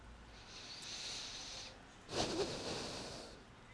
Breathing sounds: one breath in and out by a microphone near the nose and mouth; deep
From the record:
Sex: male

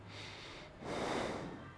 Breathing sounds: one breath in and out by a microphone near the nose and mouth; normal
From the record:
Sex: male

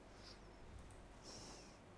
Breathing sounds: one breath in and out by a microphone near the nose and mouth; normal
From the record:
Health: marked as sick, illness not named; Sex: female

